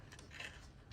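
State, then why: Not seated. The folding stem of a Hiboy S2 MAX electric scooter is being folded up toward its latch, with faint handling knocks at about 0.1 s, 0.2 s and 0.9 s over a low rumble. The stem latch has not clicked into place yet; nothing has seated within the clip.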